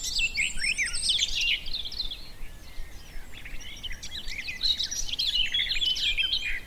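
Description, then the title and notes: Garden warbler singing a frenetic, rich warble that pauses briefly midway and then resumes in a fast bubbling run. Male singing in spring on a scrubby hillside with hawthorns in bloom; a migrant; described as fluted and rather frenetic; recorded by Fergus Collins. "Sound escape 65: be enchanted by the little-known song of the garden warbler. the scrubby hillside hawthorns burst into bloom. a male garden warbler into his fluted song. Recorded by Fergus Collins"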